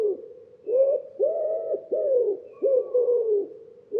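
Common Wood Pigeon giving a steady series of deep, hollow coos, some drawn out and some clipped short, in the familiar rhythmic phrase.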